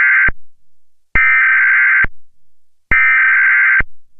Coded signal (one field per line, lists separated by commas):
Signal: Emergency Alert System (SAME) tones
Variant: header bursts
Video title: eas alarm (brain rot)